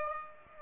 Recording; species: mosquito wingbeat signal from an infrared sensor; Aedes aegypti